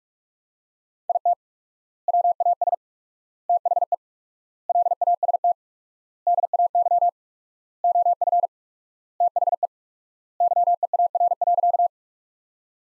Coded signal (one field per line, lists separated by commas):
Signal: Morse code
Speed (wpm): 42 wpm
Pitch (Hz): 700 Hz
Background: none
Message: IT WAS THE LAST DAY OF THE YEAR.